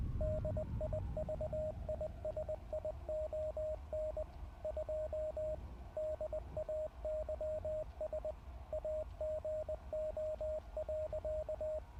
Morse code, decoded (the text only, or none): DIVISION 2 DAYS AGO.